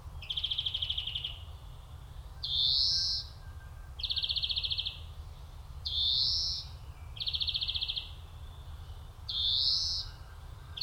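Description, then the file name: European Greenfinch alternating rapid buzzy trills with upward-sliding wheezy notes, over a continuous low background rumble. "Chloris chloris"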